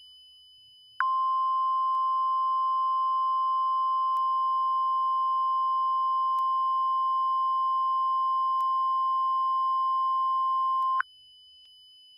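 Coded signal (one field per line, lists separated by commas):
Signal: Emergency Alert System (SAME) tones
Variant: 1050 Hz attention tone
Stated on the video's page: Fictional EAS scenario about an asteroid striking the moon.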